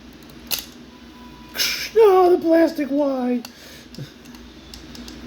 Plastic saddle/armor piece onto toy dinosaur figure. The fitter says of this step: it's not complicated there's no like secret trick it just clicks in place no